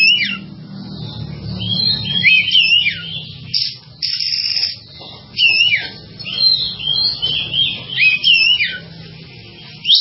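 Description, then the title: Java sparrow delivering repeated phrases of high twittering and sweeping notes in bursts every second or two. "kicau gelatik"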